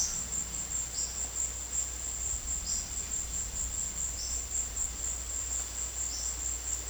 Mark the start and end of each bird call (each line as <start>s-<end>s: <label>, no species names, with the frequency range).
0.90s-1.28s: bird call (3.7-6.1 kHz)
2.63s-2.98s: bird call (3.7-6.2 kHz)
4.14s-4.41s: bird call (4.5-6.7 kHz)
6.02s-6.40s: bird call (4.4-6.6 kHz)